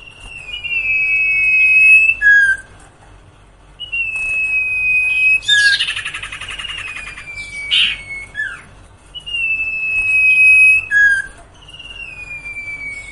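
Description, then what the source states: Sirtu song: sustained level whistles with falling tails, interrupted by a loud grating rattle in the middle. Masteran training song for cage birds, with the full range of song variations.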